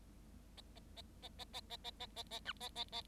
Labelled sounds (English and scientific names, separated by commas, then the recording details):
Bengalese Finch (Lonchura striata domestica) song
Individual Bird7